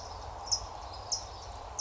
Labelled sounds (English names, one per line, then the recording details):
California Towhee
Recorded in Sonoma County, California